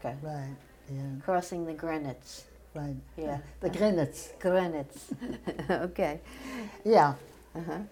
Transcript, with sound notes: Right. Yeah.
Crossing the Grinitz.
Right.
Yeah.
The Grinitz.
Grinitz. [chuckles] Okay.
Yeah.
Uh-huh.